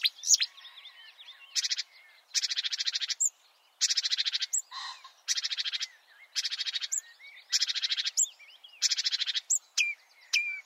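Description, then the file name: Marsh warbler song made of short harsh buzzy rattles, alternating with thin whistled slurs and quick chirps. "suara-kicauan-burung-marsh-warbler -omkicau"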